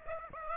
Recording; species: mosquito wingbeat signal from an infrared sensor; Aedes aegypti